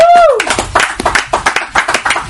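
Brisk applause from a small group, a steady patter of overlapping claps lasting a couple of seconds, opened by a short falling whistle-like tone.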